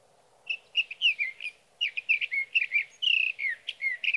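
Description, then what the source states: Sage thrasher song, quick warbled and slurred notes in two long phrases split by a brief pause, with a faint low hum beneath. Male singing near his night roost through the night, from the evening of June 12 to the morning of June 15, 2018, Sierra Valley, California; Swift recorder.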